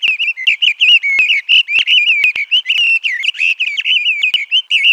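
Bird song as a fast run of chirped, twisting whistles at a fairly steady high pitch, notes packed closely with tiny pauses throughout.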